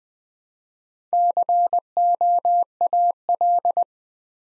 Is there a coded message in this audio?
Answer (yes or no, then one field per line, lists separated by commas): yes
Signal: Morse code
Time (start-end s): 1.1-3.8 s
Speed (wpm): 20 wpm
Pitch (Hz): 700 Hz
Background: none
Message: COAL